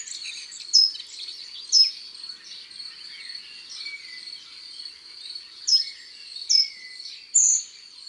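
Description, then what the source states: Short-toed treecreeper giving strong, high calls: a pair about a second apart, then a series of three, over a steady high background hum. Garden bird; calls more powerful than the dunnock's, sometimes single but often in series of two or three.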